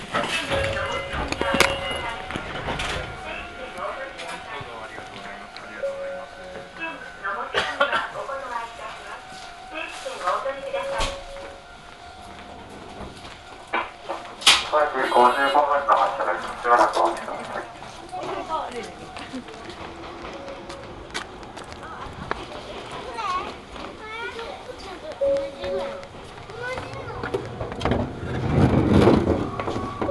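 A ride on an Ohmi Railway train heading to Kibukawa, with voices talking through most of the clip over a steady low rumble. Thin whining tones come and go, scattered clicks and knocks punctuate it, and a louder stretch swells near the end.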